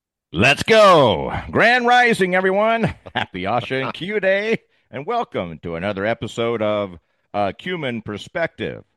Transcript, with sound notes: Let's go. Grand rising, everyone.
(laughs)
Happy Ashen Q Day, and welcome to another episode of A Human Perspective.